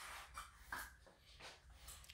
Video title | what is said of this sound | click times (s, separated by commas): Big Wasp Rotary Pen Tattoo Machine Review part 2 | see noodle goes in pretty easy clicks into place | 0.7 s